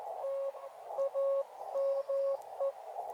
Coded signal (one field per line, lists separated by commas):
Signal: Morse code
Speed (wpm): 14 wpm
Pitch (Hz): 550 Hz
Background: radio noise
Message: T AME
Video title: Ham Radio Outdoor CW Ops ~ Horned Owl @ Oklahoma Ranch